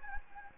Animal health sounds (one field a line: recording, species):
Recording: mosquito wingbeat signal from an infrared sensor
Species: Anopheles gambiae